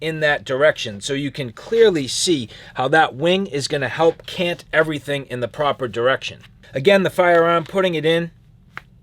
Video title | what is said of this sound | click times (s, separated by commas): PART 1: TRex Arms Sidecar Holster Overview & Impressions | little bit of a click not a ton but a little bit of a positive click | 8.8 s